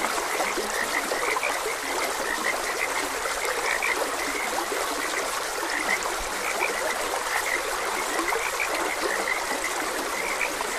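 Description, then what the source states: Frogs croaking in a chorus, short rough notes overlapping and repeating steadily throughout, over a continuous rushing trickle of stream water. Frogs croaking beside a gentle stream.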